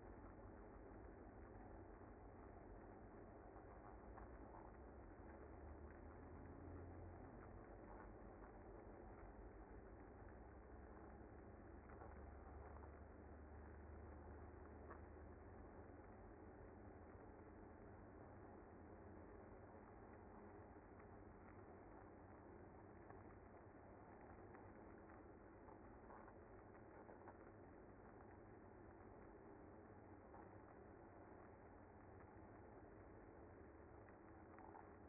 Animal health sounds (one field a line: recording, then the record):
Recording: honeybee colony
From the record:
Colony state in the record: active